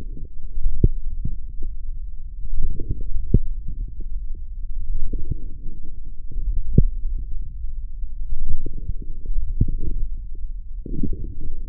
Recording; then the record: forearm muscle sounds (acoustic myography)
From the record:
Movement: forearm pronation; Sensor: system 1, eight BSWA MPA416 microphones around the upper forearm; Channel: 5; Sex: male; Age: 20 years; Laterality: left